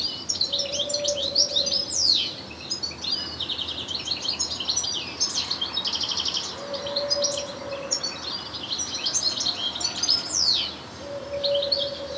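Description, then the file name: European goldfinch, lively chattering twitter of quick metallic notes and sweeping chirps running throughout, with a low steady tone recurring at intervals behind. "Carduelis carduelis"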